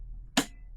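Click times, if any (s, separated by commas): 0.4 s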